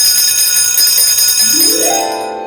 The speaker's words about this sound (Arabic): إنه الجرس. هيا اخرجوا جميعاً، ولكن عودوا في موعد الدرس القادم.